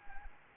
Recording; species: mosquito wingbeat signal from an infrared sensor; Anopheles gambiae